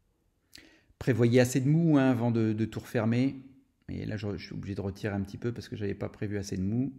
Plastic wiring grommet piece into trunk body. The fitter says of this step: Donc vous mettez le caoutchou autour du plastique et après ça se clipse